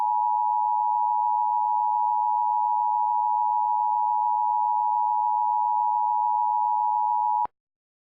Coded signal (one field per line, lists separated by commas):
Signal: Emergency Alert System (SAME) tones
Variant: 853 and 960 Hz attention tone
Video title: EAS Scenario #2: Georgia Powerplant Emergency